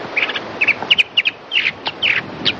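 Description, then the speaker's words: Mockingbird song: a varied run of short chirpy and slurred notes, mid to high pitched, in quick uneven phrases over light background hiss. Recorded mockingbird song, sounding completely different from the alarm call, played back to marine iguanas in an experiment. "They recorded mockingbird alarm calls and mockingbird song, which sounds completely different."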